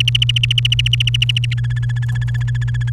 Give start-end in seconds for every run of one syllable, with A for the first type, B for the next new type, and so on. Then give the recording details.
0.00-1.54 A, 1.58-2.90 B. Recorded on 30 April 2018 at 08:33. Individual llb3